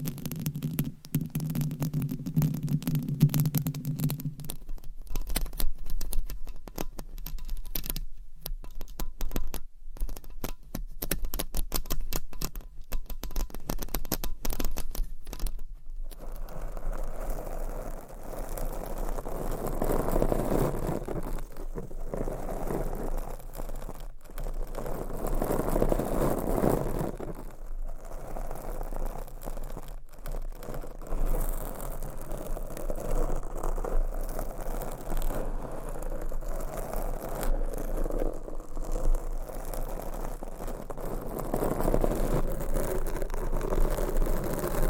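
Microphones being scratched with nails and rubbed with covers, a dense, steady rasping that never stops. The first sixteen seconds are crackly and sharp with a low hum at the start; after that the scratching turns rougher and fuller, swelling and fading in slow waves.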